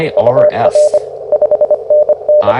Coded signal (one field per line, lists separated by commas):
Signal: Morse code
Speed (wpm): 24 wpm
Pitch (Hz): 600 Hz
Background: speech, radio noise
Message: UR 5NN